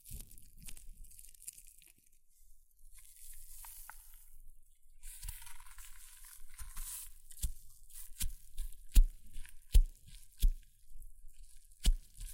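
Hair mousse fizzes and hisses in a soft, bright crackle that comes and goes over the twelve seconds. A denser spray of fizzing swells around five to seven seconds, then sharp taps and crunchy pops land every second or so toward the end.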